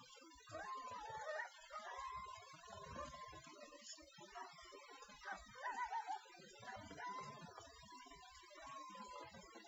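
Coyote howls: quiet, drawn-out tonal notes that rise and fall, over a faint background hiss.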